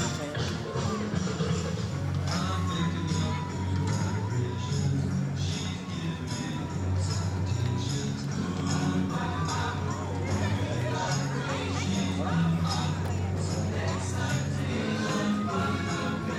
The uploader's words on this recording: A Day at Universal Studios Florida. Audio from the Universal Studios Florida theme park. Walk the park as we journey from attraction to attraction.